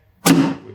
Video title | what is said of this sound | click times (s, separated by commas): Kawasaki Ninja 400 Armour Bodies Superbike Seat Install - Sportbike Track Gear | Hear that latch, nice positive latch. | 0.3 s